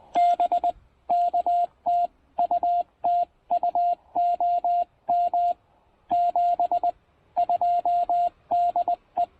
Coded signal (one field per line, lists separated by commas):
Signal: Morse code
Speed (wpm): 20 wpm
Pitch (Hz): 700 Hz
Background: radio noise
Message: BK TU TU OM 72 DE